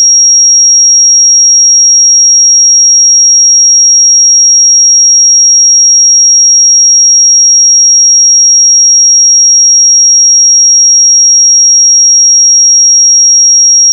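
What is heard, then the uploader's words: A pure sine tone at 5625 Hz holds perfectly steady for the whole fourteen seconds, thin and piercingly bright. Its level never changes, and there are no other sounds around it, only silence beneath the single unwavering pitch. 5625 Hz 1 Hz Interval Sine Pure Tone Frequency 441000 Sample Mono.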